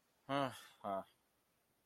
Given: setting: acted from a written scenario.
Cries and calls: vocal sound without words; contempt

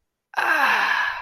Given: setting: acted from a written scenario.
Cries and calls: vocal sound without words; guilt

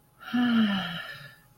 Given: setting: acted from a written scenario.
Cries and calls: vocal sound without words; serenity

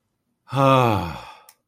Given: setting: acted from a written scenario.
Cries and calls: vocal sound without words; relief

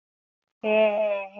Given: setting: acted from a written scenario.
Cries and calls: vocal sound without words; realization

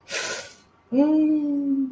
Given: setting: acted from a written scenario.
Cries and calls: vocal sound without words; pain

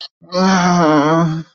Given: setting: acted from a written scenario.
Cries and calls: vocal sound without words; shame

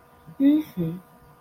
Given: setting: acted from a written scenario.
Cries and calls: vocal sound without words; distress

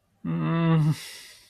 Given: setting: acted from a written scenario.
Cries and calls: vocal sound without words; embarrassment

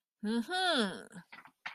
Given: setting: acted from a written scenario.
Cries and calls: vocal sound without words; pride

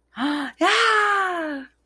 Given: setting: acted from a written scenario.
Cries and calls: vocal sound without words; elation

